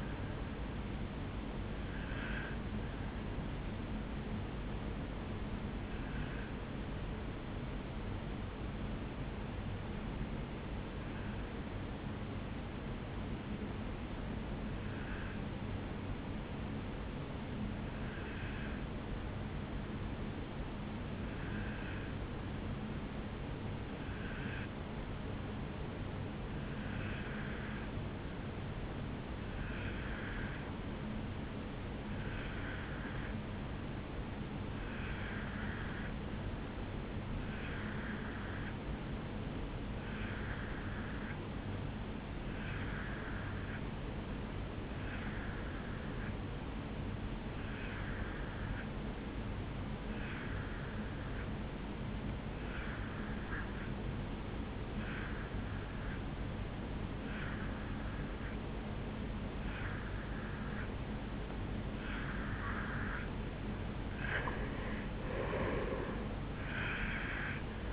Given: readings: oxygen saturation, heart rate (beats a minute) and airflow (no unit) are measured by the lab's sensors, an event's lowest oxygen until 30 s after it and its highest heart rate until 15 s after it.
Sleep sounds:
breathing in sleep by a voice recorder at the bedside; 1
8.00-62.90 s: obstructive apnea (N1, oxygen 97% highest, then 84% lowest, heart rate 53 at the start, 77 highest)
17.00-67.93 s: new sleep stage, N2 (light sleep)
From the record:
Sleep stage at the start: N1 (lightest sleep); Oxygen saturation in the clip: 85 to 97%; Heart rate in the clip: 53 to 75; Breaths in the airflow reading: 2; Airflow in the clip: -7.8 to 3.2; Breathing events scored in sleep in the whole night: 449 in 7.0 hours asleep

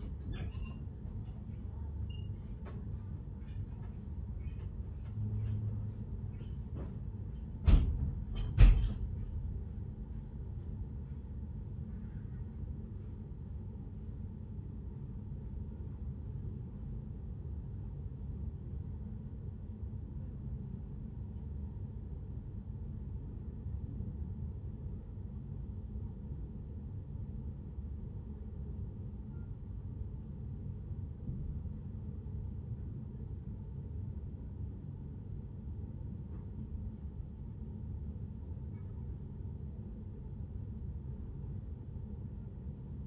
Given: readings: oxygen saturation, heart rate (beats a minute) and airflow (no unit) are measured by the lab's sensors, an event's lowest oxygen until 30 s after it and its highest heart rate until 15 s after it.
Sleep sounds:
a person awake in a sleep study, by a smartphone at the bedside; none
0.00-43.07 s: awake
From the record:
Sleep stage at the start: awake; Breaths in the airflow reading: 14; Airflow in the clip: -0.6 to 0.7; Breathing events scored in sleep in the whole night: 131 in 7.2 hours asleep

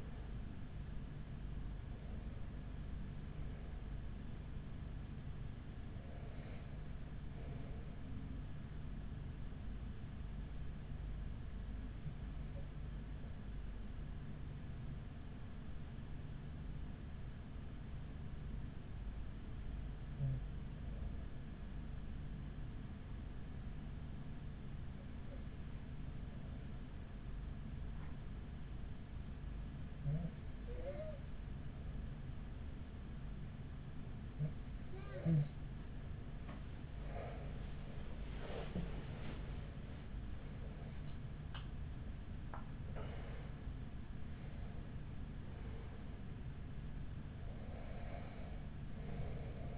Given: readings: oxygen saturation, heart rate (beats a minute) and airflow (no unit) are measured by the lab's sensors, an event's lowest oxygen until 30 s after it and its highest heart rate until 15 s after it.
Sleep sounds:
breathing in sleep by a smartphone at the bedside; 1
11.00-37.90 s: hypopnea (N1, oxygen 96% highest, then 94% lowest, heart rate 40 at the start, 61 highest)
From the record:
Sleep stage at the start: N1 (lightest sleep); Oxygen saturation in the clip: 94 to 96%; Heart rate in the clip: 40 to 61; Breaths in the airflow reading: 12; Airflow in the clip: -7.2 to 8.1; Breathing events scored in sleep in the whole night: 207 in 7.6 hours asleep

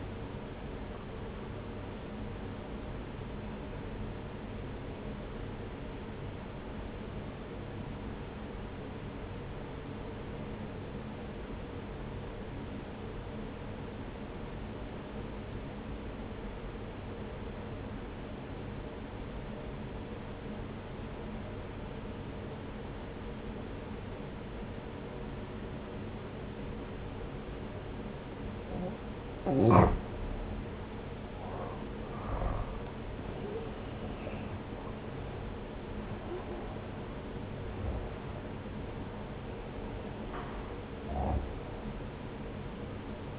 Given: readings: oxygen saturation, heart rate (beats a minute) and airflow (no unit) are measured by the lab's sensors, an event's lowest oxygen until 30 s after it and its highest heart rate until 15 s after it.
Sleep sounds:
breathing in sleep by a voice recorder at the bedside; 1
3.00-30.10 s: obstructive apnea (N1, oxygen 95% highest, then 86% lowest)
16.00-43.39 s: new sleep stage, N2 (light sleep)
From the record:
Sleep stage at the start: N1 (lightest sleep); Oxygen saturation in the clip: 86 to 95%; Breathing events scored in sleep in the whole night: 303 in 8.1 hours asleep

